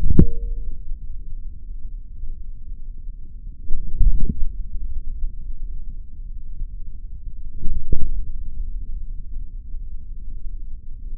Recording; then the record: forearm muscle sounds (acoustic myography)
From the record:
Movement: forearm supination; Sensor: system 3, bracelet of six PUI Audio POM-2738L microphones around the upper forearm, with dedicated amplification and filtering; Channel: 6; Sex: male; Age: 26 years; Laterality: right